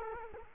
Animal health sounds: mosquito wingbeat signal from an infrared sensor; Culex quinquefasciatus

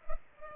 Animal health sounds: mosquito wingbeat signal from an infrared sensor; Culex pipiens

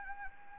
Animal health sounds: mosquito wingbeat signal from an infrared sensor; Anopheles gambiae

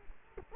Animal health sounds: mosquito wingbeat signal from an infrared sensor; Culex quinquefasciatus

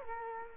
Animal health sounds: mosquito wingbeat signal from an infrared sensor; Culex quinquefasciatus

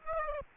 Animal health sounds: mosquito wingbeat signal from an infrared sensor; Aedes aegypti

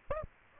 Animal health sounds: mosquito wingbeat signal from an infrared sensor; Aedes aegypti

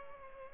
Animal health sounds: mosquito wingbeat signal from an infrared sensor; Aedes aegypti

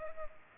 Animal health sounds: mosquito wingbeat signal from an infrared sensor; Culex pipiens

